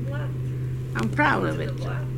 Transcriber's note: voice off-mic